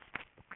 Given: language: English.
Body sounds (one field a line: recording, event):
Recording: throat vibration sensor signal played as sound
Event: swallow